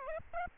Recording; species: mosquito wingbeat signal from an infrared sensor; Aedes albopictus